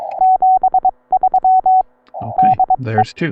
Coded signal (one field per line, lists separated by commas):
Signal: Morse code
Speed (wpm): 22 wpm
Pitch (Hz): 750 Hz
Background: speech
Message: 73 DE